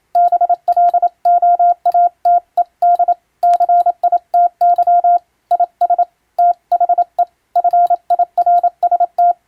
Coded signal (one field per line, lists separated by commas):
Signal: Morse code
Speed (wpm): 27 wpm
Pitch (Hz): 700 Hz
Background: none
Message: BLOATED CITY IS THE FIRST